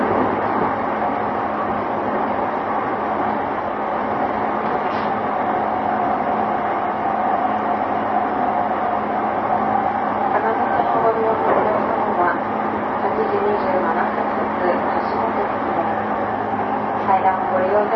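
A ride aboard a JR E233 series train bound for Odawara: a steady, dense rumble of running wheels with a constant low hum underneath. Faint voices and brief clicks and squeals surface around 10 to 17 seconds, while the overall loudness stays level throughout.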